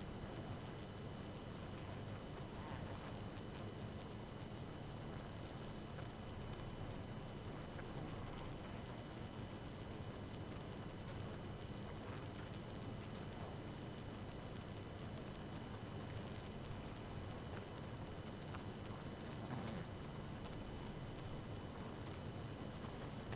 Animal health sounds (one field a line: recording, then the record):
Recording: honeybee colony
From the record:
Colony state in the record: active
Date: 12 June 2018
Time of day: 2:06